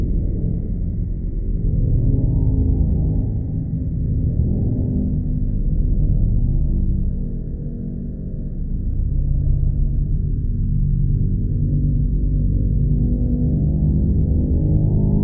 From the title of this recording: Creepy Low Atmosphere Ambience